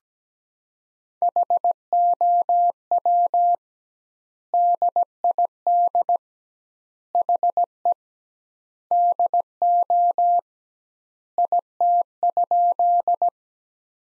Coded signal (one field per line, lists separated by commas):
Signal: Morse code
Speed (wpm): 17 wpm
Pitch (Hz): 700 Hz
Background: none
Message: HOW DID HE DO IT?